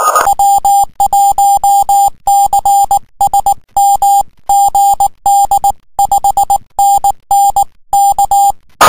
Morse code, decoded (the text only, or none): W1CSM GD 5NN K